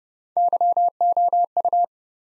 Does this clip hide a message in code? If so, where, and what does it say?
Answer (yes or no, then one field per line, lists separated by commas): yes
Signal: Morse code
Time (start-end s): 0.4-1.8 s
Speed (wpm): 40 wpm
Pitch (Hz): 700 Hz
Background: none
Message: YOU